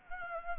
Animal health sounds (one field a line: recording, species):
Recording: mosquito wingbeat signal from an infrared sensor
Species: Anopheles gambiae